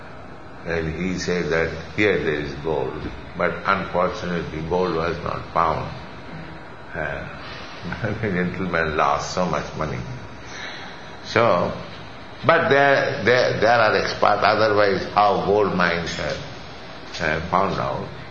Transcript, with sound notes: and he said that "Here there is gold." But unfortunately gold was not found. [chuckles] And the gentleman lost so much money. So..., but there are experts; otherwise how gold mines are found out?